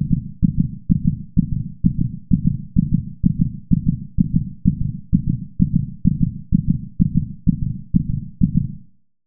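An adult's heart heard through a stethoscope: steady, low, dull thumps repeat at about 128 beats a minute with a fairly even rhythm. Each beat has the paired lub-dub of ordinary heart sounds, at a brisk rate.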